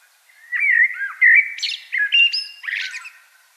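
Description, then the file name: Common blackbird, a fluting, slurred song phrase of clear whistled notes that breaks into shrill, squeaky flourishes near the end. "Turdus merula"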